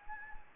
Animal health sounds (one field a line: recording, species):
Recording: mosquito wingbeat signal from an infrared sensor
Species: Anopheles gambiae